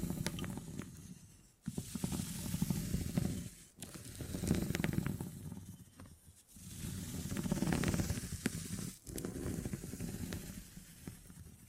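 Beeswax is being handled in repeated waves of soft crackling and rubbing, each lasting two to three seconds and separated by brief silent gaps near 1.6, 3.7, 6.4 and 9 seconds. A low, muffled rustle runs through each pass, dotted with small sharp clicks.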